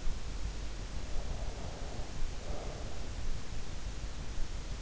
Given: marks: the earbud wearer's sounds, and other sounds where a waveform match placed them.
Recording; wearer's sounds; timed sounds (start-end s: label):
sounds in sleep by an in-ear microphone; breath
1.38-3.16 s: breath